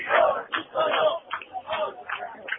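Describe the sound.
A crowd of voices celebrating, loudly chanting a name over and over in a steady, rhythmic pattern of shouted bursts with short gaps between them.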